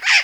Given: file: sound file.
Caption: note J4 emitted by a Lilac-crowned Amazon.